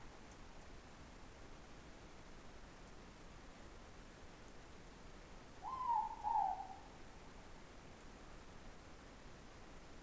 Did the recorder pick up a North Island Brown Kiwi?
no